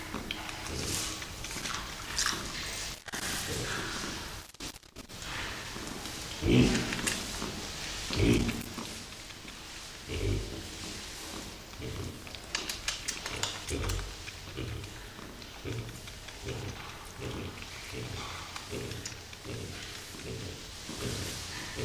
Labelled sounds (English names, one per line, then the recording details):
White-lipped Peccary call
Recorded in captivity
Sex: diverse
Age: diverse
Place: Zoo Berlin, Berlin, DE
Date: 2002-09-30 17:14
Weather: fair, ca. 16-17°C
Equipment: Nagra SN, Kopie Uher 4000 Report Monitor
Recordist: Tembrock, Günter